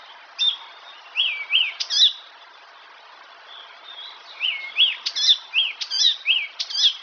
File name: Härmsångare - Hippolais icterina